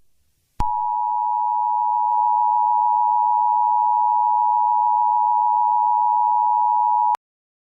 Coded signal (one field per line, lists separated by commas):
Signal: Emergency Alert System (SAME) tones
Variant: 853 and 960 Hz attention tone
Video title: Eas Scenario 007 - Attack of the Object Shows